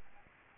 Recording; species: mosquito wingbeat signal from an infrared sensor; Aedes albopictus